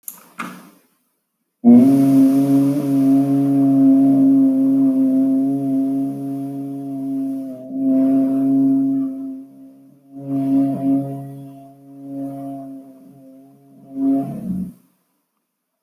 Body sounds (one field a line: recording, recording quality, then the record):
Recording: sustained vowel as in boot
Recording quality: excellent, no background noise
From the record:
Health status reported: respiratory illness, not identified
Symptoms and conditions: hypertension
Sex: male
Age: 40 years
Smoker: not ticked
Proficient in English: yes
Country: India